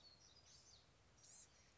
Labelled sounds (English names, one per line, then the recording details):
Blue-gray Gnatcatcher
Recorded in Sonoma County, California